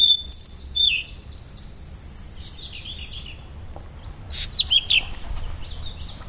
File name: firethroat